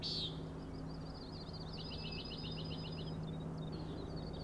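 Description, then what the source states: Common nighthawk calls: a sharp loud note opens, followed by a long, fast, high rattling trill fading into scattered clicks, over a low steady hum. Three birds flying in a close follow-the-leader formation near and around the recordist at Schoodic Head overlook, Acadia National Park, Winter Harbor, Maine; 4am, dated 061617; peenting calls and rattling noise.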